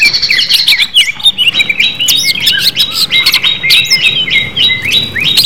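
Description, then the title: Leafbird song, a rapid, varied stream of whistled slurs, chirps and sharp notes, mostly high-pitched, continuing without pause. "CUCAK IJO"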